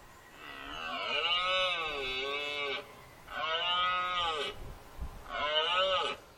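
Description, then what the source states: Red deer roaring: three drawn-out, harmonic-rich bellows, each rising and then falling in pitch, separated by brief pauses. Rutting stag roaring.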